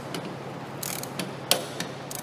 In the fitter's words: there we heard the torque wrench click okay